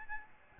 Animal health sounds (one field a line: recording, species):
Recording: mosquito wingbeat signal from an infrared sensor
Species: Aedes albopictus